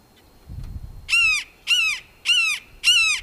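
Red-shouldered hawk giving four strident, descending keeyer calls in steady succession after a brief quiet start with soft low rumbling.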